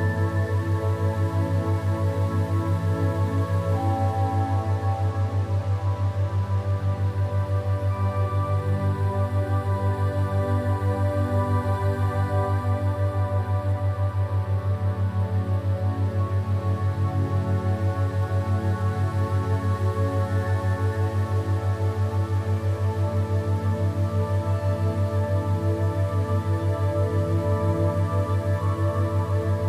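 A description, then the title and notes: Theta-state binaural beats: a steady, deep hum holds low and unchanging for the full half minute. Above it, a soft bed of sustained tones drones evenly, with a faint high thin whistle appearing briefly around the middle. Loudness stays constant throughout. Theta State Binaural Beats.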